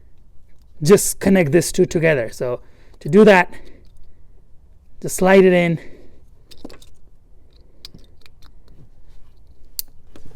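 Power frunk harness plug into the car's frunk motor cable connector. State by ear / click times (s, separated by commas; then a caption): seated / 9.8 s. Someone talks, then slides the plastic wiring harness plug of a Hansshow V4.2 power frunk into the frunk motor cable connector of a 2021 Tesla Model 3, with faint handling ticks along the way. A sharp click at 9.8 s marks the connector latching, and it is secured.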